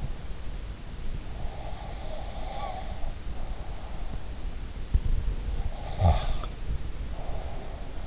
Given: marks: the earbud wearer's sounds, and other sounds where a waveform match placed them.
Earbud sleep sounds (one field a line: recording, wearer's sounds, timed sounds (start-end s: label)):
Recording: sounds in sleep by an in-ear microphone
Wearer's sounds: breath, snoring breath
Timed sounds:
1.51-4.07 s: breath
5.69-6.40 s: snoring breath
5.69-8.07 s: breath